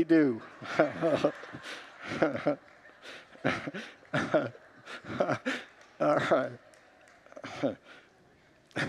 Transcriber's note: congregants laugh